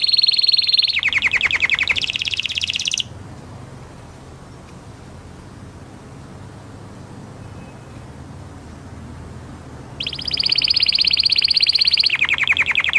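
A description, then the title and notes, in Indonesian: An orange canary sings in bright, rapid trills and buzzy rolls for the first three seconds, switching between high whistled runs and dense chattering phrases. It falls silent until about ten seconds, leaving only a low hum, then bursts back into loud trilling song. Kenari Oranye.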